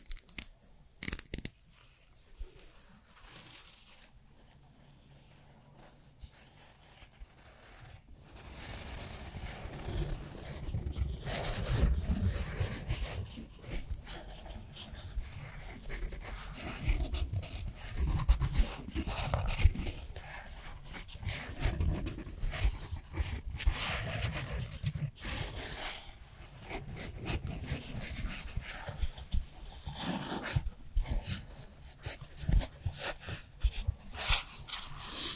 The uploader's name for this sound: Korean Special Skincare Routine